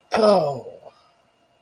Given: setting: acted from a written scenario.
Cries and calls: vocal sound without words; anger

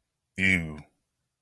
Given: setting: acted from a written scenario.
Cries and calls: vocal sound without words; disgust

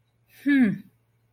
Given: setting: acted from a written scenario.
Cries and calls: vocal sound without words; contempt

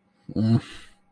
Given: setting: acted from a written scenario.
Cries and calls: vocal sound without words; neutral

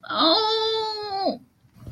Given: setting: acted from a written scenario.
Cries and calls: vocal sound without words; pain

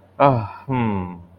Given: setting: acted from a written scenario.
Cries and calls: vocal sound without words; pride

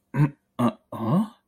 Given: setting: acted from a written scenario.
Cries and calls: vocal sound without words; confusion

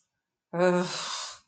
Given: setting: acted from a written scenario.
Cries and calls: vocal sound without words; anger

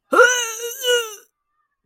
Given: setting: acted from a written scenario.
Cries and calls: vocal sound without words; disgust

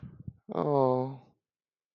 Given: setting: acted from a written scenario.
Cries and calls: vocal sound without words; sympathy

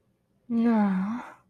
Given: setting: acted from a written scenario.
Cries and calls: vocal sound without words; relief

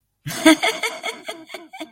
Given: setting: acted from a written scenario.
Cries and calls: vocal sound without words; amusement

